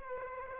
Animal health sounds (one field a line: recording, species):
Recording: mosquito wingbeat signal from an infrared sensor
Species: Aedes aegypti